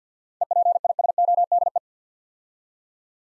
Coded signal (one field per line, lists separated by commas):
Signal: Morse code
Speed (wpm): 47 wpm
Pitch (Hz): 700 Hz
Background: none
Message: EPISODE